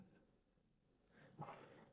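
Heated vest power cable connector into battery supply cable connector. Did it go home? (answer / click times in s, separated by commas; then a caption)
no / none. A diver lines up the power lead of a heated vest with the incoming battery supply cable connector, bringing the two connectors together before joining them. Only quiet handling and faint low rustle are heard, with a brief soft burst near 1.4 s. The connectors have not clicked together yet.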